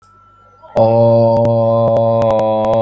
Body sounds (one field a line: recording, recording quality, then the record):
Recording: sustained vowel as in boot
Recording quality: excellent, no background noise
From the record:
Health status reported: healthy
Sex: male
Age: 30 years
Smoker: yes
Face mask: not worn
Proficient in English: yes